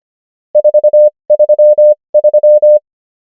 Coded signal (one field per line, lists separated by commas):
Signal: Morse code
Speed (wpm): 25 wpm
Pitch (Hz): 600 Hz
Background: none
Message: 433